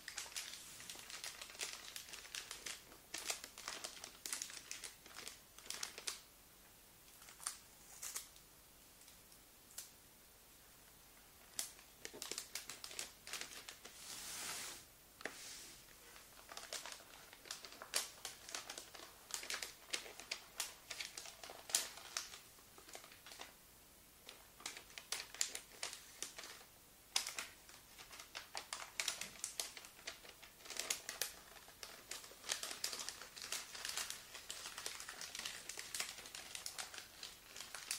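Gift wrapping paper crinkles and rustles throughout, in dense bursts of bright, crisp crackling that start and stop irregularly. Sharp snaps and folds come in clusters, with brief quieter gaps between them, and a faint low hum sits underneath the whole time.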